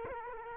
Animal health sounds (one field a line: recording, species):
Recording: mosquito wingbeat signal from an infrared sensor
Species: Culex quinquefasciatus